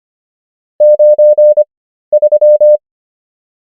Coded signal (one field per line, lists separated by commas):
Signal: Morse code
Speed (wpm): 25 wpm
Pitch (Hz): 600 Hz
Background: none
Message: 93